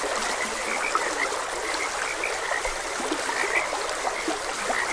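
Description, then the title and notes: Frog chorus of quick repeated croaks, several callers overlapping, with a continuous trickling stream underneath. Several frogs croaking beside a gentle stream. "Gentle Stream and Frogs Croaking. Sleep and Relaxation Podcast"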